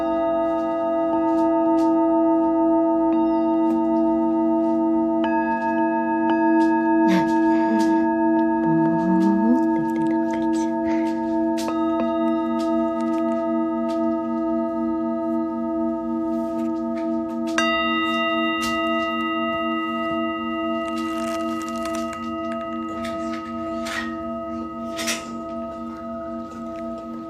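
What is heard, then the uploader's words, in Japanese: Singing bowls ring with long, steady overlapping tones, new strikes around 5, 12 and 17 seconds, plus light taps and rustles throughout. メキシコから シンギングボウルのサウンドヒーリング ライブ。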